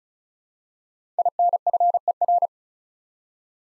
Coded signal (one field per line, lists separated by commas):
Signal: Morse code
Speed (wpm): 36 wpm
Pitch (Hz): 700 Hz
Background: none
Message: INFER